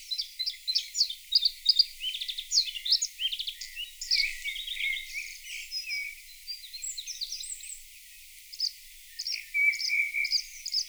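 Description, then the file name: Bluethroat song of rapid, varied twitters and chattering notes, a brief pause, then a few repeated high chips. Played back. "Blaahals"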